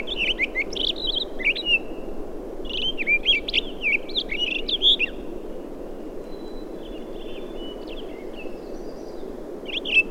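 Townsend's solitaire song in several rich warbled bursts of quick, sliding notes, a quieter pause with faint thin whistles, then a final brief phrase; low hum throughout.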